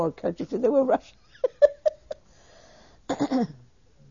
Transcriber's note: indicating different points on her head, she laughs